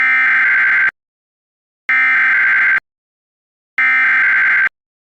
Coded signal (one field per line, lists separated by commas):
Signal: Emergency Alert System (SAME) tones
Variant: header bursts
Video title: EAS Scenario 13: Horror Mario's Rampage (15 Subscriber Special)